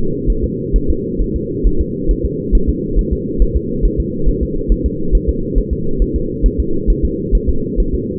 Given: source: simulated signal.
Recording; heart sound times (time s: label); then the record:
fetal heart sounds
0.30 s: S1
0.44 s: S2
0.76 s: S1
0.90 s: S2
1.22 s: S1
1.36 s: S2
1.67 s: S1
1.81 s: S2
2.11 s: S1
2.25 s: S2
2.55 s: S1
2.69 s: S2
2.99 s: S1
3.13 s: S2
3.42 s: S1
3.57 s: S2
3.85 s: S1
4.00 s: S2
4.29 s: S1
4.43 s: S2
4.72 s: S1
4.86 s: S2
5.15 s: S1
5.29 s: S2
5.58 s: S1
5.73 s: S2
6.02 s: S1
6.16 s: S2
6.46 s: S1
6.60 s: S2
6.90 s: S1
7.05 s: S2
7.35 s: S1
7.49 s: S2
7.80 s: S1
7.95 s: S2
From the record:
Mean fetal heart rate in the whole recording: 135 bpm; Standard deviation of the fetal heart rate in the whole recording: 3 bpm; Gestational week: 36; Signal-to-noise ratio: -8.1 dB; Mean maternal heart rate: 72 bpm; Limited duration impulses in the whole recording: absent